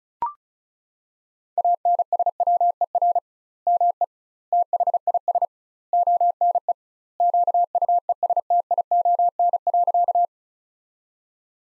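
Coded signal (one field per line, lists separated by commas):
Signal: Morse code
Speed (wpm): 34 wpm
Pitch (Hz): 700 Hz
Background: none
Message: ANSWER ME THIS ONE QUESTION.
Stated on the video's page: Morse practice sentences from the top 400 words at 35 wpm, sent with 2x standard word spacing, a Farnsworth-like method applied to words.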